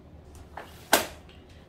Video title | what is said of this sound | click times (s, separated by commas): Baby Trend Expedition Race Tec Jogger Stroller Assembly Setup and Installation | And you heard that click, that means it was locked, right? | 0.9 s